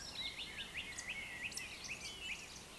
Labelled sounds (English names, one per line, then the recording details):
Eurasian Woodcock
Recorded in Baden-Württemberg, Germany, on 27 June 2020 at 02:40 UTC
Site 43791, 788 m above sea level